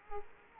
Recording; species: mosquito wingbeat signal from an infrared sensor; Culex quinquefasciatus